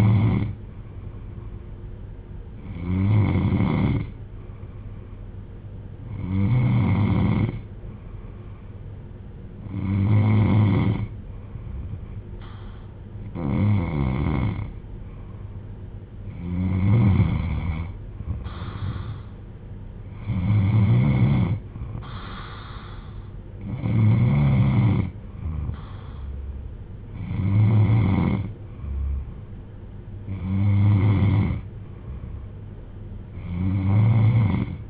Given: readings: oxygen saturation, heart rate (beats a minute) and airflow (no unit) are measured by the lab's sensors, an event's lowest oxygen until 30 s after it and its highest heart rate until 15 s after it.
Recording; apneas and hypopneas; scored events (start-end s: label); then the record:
breathing in sleep by a smartphone at the bedside; none
none scored
From the record:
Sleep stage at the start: N3 (deep sleep); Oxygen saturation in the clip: 93 to 94%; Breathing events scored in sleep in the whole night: 310 in 8.1 hours asleep